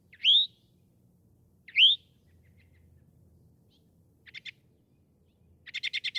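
Northern mockingbird song: two upslurred whistled notes, a short pause, then quick clusters of clipped repeated notes.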